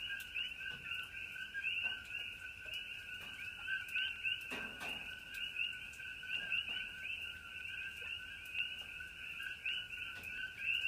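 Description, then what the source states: Coqui frogs chorusing steadily, countless short 'co-qui' style notes layered into two bands, with a few brief soft knocks and gentle rain patter. Several coqui frogs calling in Hawaii during light rain.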